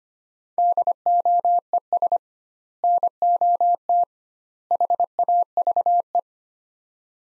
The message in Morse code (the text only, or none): DOES NOT HAVE